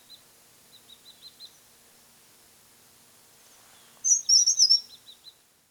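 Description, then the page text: Chestnut-headed tesia delivering a single sharp, very high twittering phrase after a run of soft peeping notes. "Chestnut-Headed Tesia Song. Quick Sounds"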